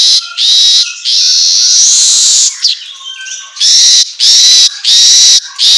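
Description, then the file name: Asian golden weaver song, extended sizzling buzz, brief chatter, then several short wheezing bursts in a row. Song recording meant for training songbirds to sing constantly ('auto gacor'). "Suara Kicau Manyar Kepala Emas Auto Gacor"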